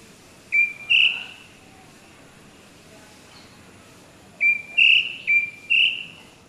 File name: White bellied Drongo